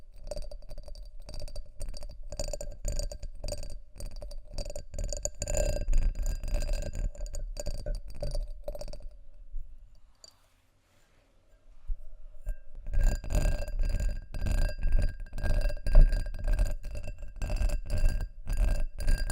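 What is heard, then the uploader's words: Dry scratching and tapping on textured glass, with rapid, irregular scrapes and clicks packed densely together. A thin ringing tone hangs under the friction. Around ten seconds the sound drops out almost to silence, then the busy scraping resumes until the end. ASMR Textured Glass Scratching & Tapping（No Talking）.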